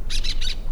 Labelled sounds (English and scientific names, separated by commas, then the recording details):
Brown-throated Parakeet (Eupsittula pertinax) contact call
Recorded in La Tortuga
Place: Isla La Tortuga
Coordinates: 10.925, -65.258